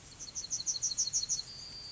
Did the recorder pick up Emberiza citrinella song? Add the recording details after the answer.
yes. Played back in grassland. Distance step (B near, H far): E. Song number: 037